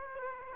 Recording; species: mosquito wingbeat signal from an infrared sensor; Aedes aegypti